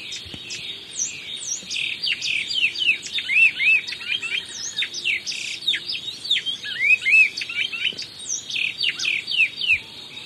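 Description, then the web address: Black-billed Seed-Finch singing a fast jumble of sharp chirps and bright slurred whistles. Notes tumble together in bursts, with high twittering overlapping throughout. Ecuador. "Natures Songs S America Birds of Ecuador. Black-Billed Seed-Finch"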